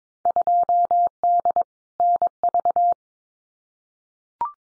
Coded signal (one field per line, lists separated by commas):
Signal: Morse code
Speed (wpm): 22 wpm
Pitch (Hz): 700 Hz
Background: none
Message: 2D NV